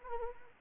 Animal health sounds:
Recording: mosquito wingbeat signal from an infrared sensor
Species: Anopheles arabiensis

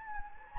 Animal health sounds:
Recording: mosquito wingbeat signal from an infrared sensor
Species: Anopheles gambiae

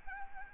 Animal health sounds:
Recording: mosquito wingbeat signal from an infrared sensor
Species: Aedes albopictus

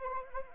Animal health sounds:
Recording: mosquito wingbeat signal from an infrared sensor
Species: Anopheles arabiensis

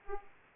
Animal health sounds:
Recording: mosquito wingbeat signal from an infrared sensor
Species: Anopheles arabiensis

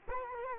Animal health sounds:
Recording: mosquito wingbeat signal from an infrared sensor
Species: Culex quinquefasciatus

